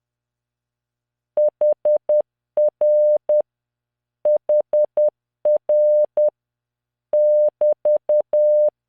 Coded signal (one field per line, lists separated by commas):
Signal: Morse code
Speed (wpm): 10 wpm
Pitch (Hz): 600 Hz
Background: none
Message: HR HR <BT>